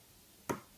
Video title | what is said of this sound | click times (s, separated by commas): FZR 600 build part 2 - rear brakes. | There we go, you hear that click. | 0.5 s